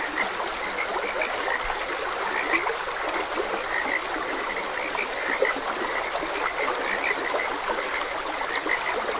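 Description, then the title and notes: Frog chorus, clusters of short croaking notes over constant running water. Frogs croaking beside a gentle stream; nature ambience for rest, meditation and sleep. "Gentle Stream and Frogs Croaking. Sleep and Relaxation Podcast"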